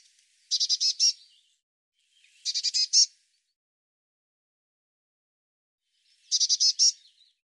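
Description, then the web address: Bird uttering three dry, buzzy, rattling bursts of rapid notes, the first two close together and the last after a long pause. "cianscape birddata Deverinetal 2025 File cleaned normalized Bird Cy Ca"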